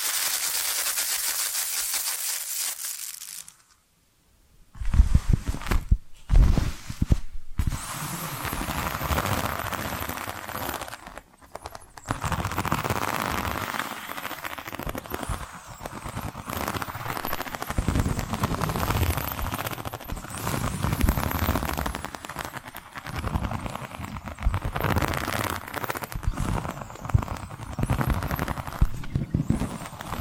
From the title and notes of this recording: ASMR 10 Hypnotic Tapping & Scratching Sounds for DEEP SLEEP (No Talking).